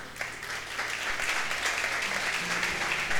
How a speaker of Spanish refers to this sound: Y ella está aquí, un aplauso para ella.